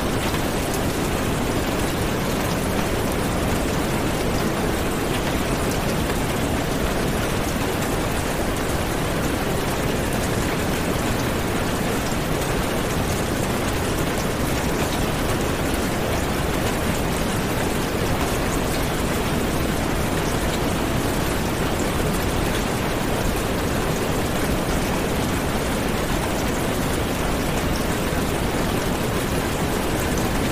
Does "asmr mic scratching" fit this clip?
no